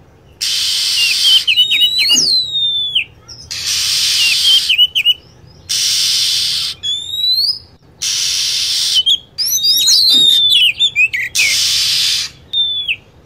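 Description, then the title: Lovebirds calling with high, sharp chirps and down-slurred whistles in rapid clusters, broken by recurring blocks of steady hiss. Lure sound used to attract lovebirds. "PIKAT BURUNG LOVEBIRD"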